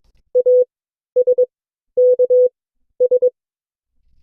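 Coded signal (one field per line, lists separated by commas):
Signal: Morse code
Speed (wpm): 22 wpm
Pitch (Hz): 500 Hz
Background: none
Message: ASKS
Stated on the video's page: Morse class session from an amateur radio club.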